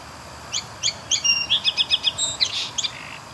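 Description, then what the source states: Song sparrow song: a few spaced clear introductory notes, then a rapid even trill of bright notes, ending in a buzzy burst and a few final chips. Bird singing close in front of the recordist, listening to other birds' calls and singing in response.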